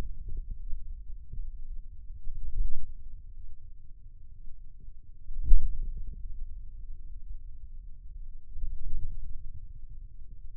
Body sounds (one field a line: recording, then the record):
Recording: forearm muscle sounds (acoustic myography)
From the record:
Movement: hand closing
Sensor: system 2, bracelet of six BSWA MPA416 microphones around the upper forearm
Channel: 6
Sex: male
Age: 22 years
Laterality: right